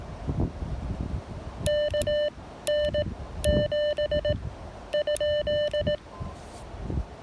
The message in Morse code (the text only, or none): KN7 ?